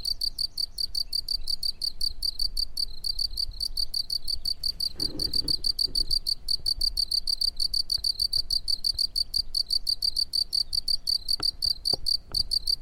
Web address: pelouse Grillon des champs 2017-05-02 13 h